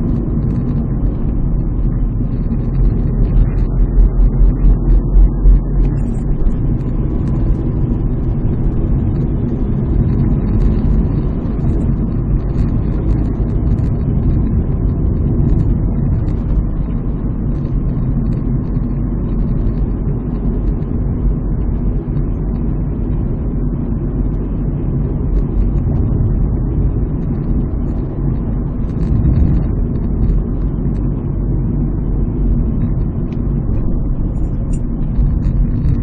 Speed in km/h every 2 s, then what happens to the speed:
53, 42, 47, 47, 49, 54, 59, 60, 57, 52, 53, 52, 51, 53, 53, 52, 51, 43.
0-2 brakes to 42. 2-7 steady at about 47. 7-14 speeds up to 60. 14-18 slows to 52. 18-32 steady at about 52. 32-36 slows to 43.